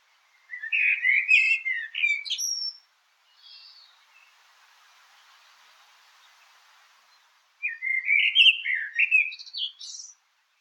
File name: common blackbird